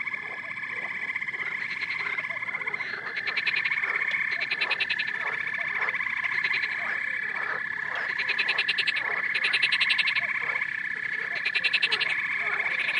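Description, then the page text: Chorus of frogs giving fast pulsed trills, several bursts overlapping above a constant shrill drone and scattered lower croaks. "Frogs Trilling. DailySounds"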